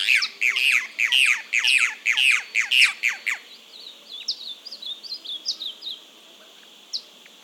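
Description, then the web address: Cacholote song: a rapid series of loud, harsh, downslurred notes for about three seconds, followed by softer, scattered chirps and squeaks that fade toward the end. "cantos cacholote"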